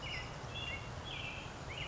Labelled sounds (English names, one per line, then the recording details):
American Robin
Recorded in Sonoma County, California